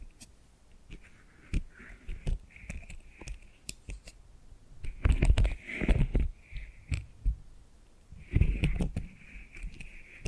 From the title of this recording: ASMR Hypnotic Tapping and Scratching Sounds